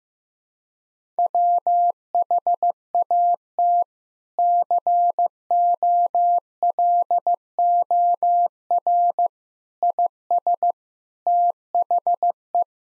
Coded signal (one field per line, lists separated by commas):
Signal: Morse code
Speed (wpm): 15 wpm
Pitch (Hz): 700 Hz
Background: none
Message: WHAT COLOR IS THE